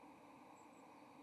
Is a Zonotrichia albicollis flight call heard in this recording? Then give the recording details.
no. No flight call is heard. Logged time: 11:06 on 30 October 2014